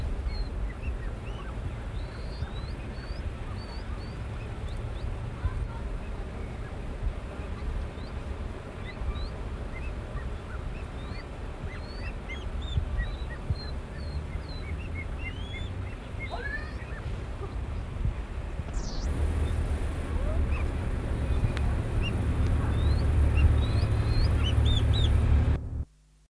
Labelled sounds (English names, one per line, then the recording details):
Golden Pheasant call
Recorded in captivity
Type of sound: call
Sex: diverse
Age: diverse
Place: Bergzoo Helmarshausen, Hessen, DE
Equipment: Halbspur, 9,5 cm/s
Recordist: Lütgens, Hans
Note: Junge Goldfasane mit lockendem Weibchen vor dem Einschlafen